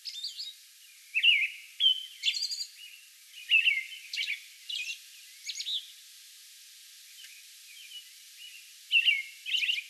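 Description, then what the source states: American robin singing in loose groups of warbled, slurred phrases separated by pauses, some high hissing notes between them. Song bout recorded on May 11.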